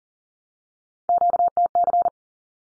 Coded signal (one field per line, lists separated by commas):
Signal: Morse code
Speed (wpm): 40 wpm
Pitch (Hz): 700 Hz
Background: none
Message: QTC